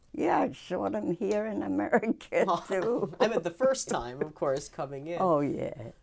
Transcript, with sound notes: Yeah, I saw it here in America, too. (she laughs)
(he laughs) I meant the first time, of course, coming in.
Oh, yeah.